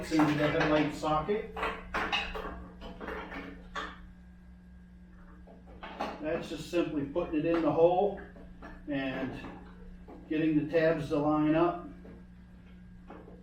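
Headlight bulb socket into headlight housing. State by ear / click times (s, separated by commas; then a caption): not seated / none. A headlight bulb socket is fed into the hole in the plastic headlight housing of a BX1850 and turned until its tabs line up with the slots, with nothing seated or clicked yet. Someone talks over a steady low hum, and brief handling knocks come at about 5.8 and 6.0 seconds.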